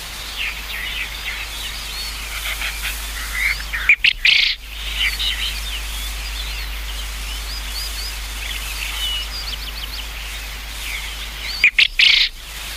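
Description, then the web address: Japanese quail calling twice, each a loud, harsh three-note burst about eight seconds apart, with busy chirping of other birds throughout. "sikioto. uzura"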